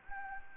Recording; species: mosquito wingbeat signal from an infrared sensor; Anopheles gambiae